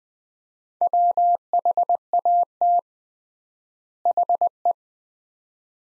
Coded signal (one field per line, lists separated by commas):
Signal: Morse code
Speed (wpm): 20 wpm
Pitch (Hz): 700 Hz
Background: none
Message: WHAT HE